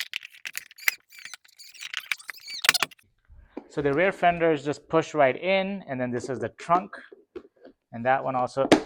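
Plastic rear fenders and the trunk of a Fisher-Price baby car activity center are pushed by hand onto the toy car's rear wheel base, with scattered plastic clatter in the first three seconds. Sharp snaps at 0.9 s and 2.7 s mark the parts seating in place, and then someone talks.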